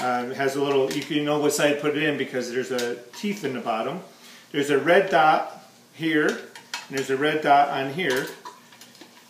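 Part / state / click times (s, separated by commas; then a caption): scraper insert into juicer bowl / not seated / none. A plastic scraper basket is handled and lined up with a juicer bowl by its red dots and the teeth in the bottom, ready to be pushed in until it locks. Someone talks throughout over faint plastic handling sounds. Nothing has seated or clicked yet.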